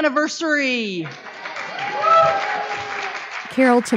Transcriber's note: applause